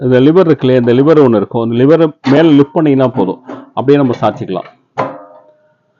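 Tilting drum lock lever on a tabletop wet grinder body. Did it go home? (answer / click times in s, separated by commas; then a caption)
yes / 5.0 s. Someone talks while lifting the lever on a Lakshmi 3-litre stainless steel tilting wet grinder and tilting the drum. A single sharp hit at 5.0 s follows, and the drum lock lever locks into place on the tabletop grinder body.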